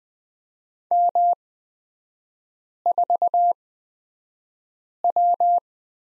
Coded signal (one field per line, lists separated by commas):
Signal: Morse code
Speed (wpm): 20 wpm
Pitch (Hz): 700 Hz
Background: none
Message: M4W